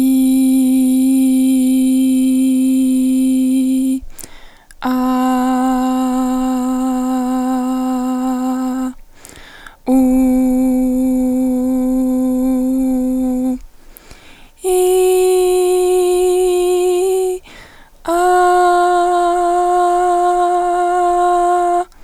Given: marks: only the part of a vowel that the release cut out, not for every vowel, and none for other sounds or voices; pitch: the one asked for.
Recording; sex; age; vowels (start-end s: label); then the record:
sustained vowels; female; 20 to 29 years
0.00-3.51 s: vowel /i/, normal pitch
5.05-8.47 s: vowel /a/, normal pitch
10.18-13.30 s: vowel /u/, normal pitch
15.40-16.90 s: vowel /i/, high pitch
18.75-21.36 s: vowel /a/, high pitch
From the record:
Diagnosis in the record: healthy voice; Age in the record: 20 years